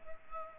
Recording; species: mosquito wingbeat signal from an infrared sensor; Culex pipiens